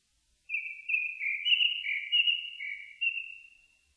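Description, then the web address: Japanese thrush singing a long phrase of mellow whistled notes that alternate higher and lower, with several distinct pulses before fading. Recorded on 4 May 2001. "2001 010504 kurotugumi"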